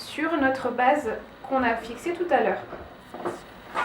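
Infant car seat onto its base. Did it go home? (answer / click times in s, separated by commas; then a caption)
no / none. An infant car seat from a Black & White trio 3-in-1 stroller is handled onto the plastic base fitted earlier, with its side latches on both sides meant to engage the base. Someone talks throughout, with a brief handling sound near 3.1 s. Nothing has seated or clicked yet.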